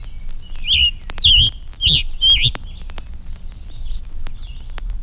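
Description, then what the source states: Scarlet Tanager song: a few husky, burry slurred notes given quickly, with thin higher notes at the start and low background rumble. Song described as husky in quality, rather short and lively.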